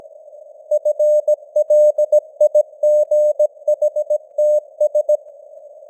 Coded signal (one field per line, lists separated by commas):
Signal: Morse code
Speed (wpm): 17 wpm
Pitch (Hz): 600 Hz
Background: none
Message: FLIGHTS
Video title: Morse Code News | 2025-10-19 | 17wpm